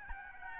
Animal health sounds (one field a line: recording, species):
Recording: mosquito wingbeat signal from an infrared sensor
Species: Aedes albopictus